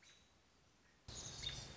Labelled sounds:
American Robin
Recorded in Sonoma County, California

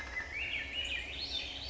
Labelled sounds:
Swainson's Thrush
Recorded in Sonoma County, California

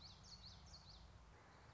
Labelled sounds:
Common Yellowthroat
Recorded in Sonoma County, California

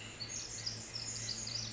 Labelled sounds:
Pacific Wren
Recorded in Sonoma County, California

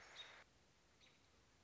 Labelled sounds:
American Robin
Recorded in Sonoma County, California

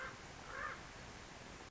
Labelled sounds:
Common Raven
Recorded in Sonoma County, California

